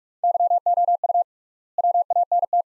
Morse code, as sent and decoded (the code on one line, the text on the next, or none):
-.-- --- ..- / .-- .- -. -
YOU WANT